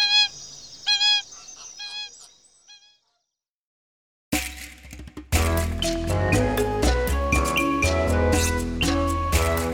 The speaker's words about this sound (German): Dieser Schwan dort drüben ist übrigens ein Singschwan. Obwohl sich sein Ruf eher wie eine laute Trompete anhört.